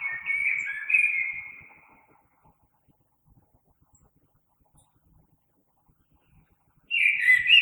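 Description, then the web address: Common blackbird song: a mellow, warbled fluting phrase lasting about two seconds, a long pause, then another phrase starting near the end. Recorded 3 March 2020. "oiseaux Merle 2020 03 03"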